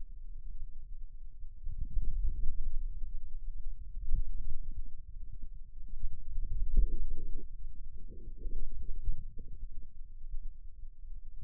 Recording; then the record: forearm muscle sounds (acoustic myography)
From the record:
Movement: inward rotation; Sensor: system 2, bracelet of six BSWA MPA416 microphones around the upper forearm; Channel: 6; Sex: male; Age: 22 years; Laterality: right